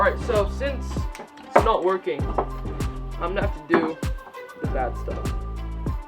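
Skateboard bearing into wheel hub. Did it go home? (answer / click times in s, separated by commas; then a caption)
no / none. A steel skateboard bearing is being handled at the hub of a urethane wheel after pressing it in by hand has failed. Music plays while someone talks. The bearing has not been forced home yet, and nothing has seated or clicked.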